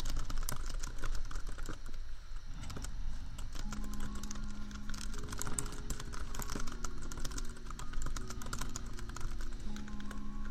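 Rapid keyboard tapping clicks away steadily for the whole stretch over a constant low laptop fan hum. From about three and a half seconds in, a mellow lofi beat joins, its soft chords shifting every second or two beneath the typing.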